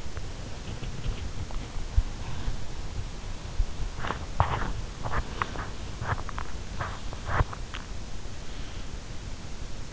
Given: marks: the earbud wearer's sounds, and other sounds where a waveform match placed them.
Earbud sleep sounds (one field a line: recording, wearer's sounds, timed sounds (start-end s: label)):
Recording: sounds in sleep by an in-ear microphone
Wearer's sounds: body movement, teeth grinding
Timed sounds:
0.00-6.10 s: body movement
3.98-8.06 s: teeth grinding